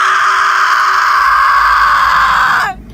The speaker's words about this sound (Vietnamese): Mà khi ngọn lửa này bắt đầu lan ra, một tiếng gào thét chói tai cũng truyền ra từ trong ngọn lửa.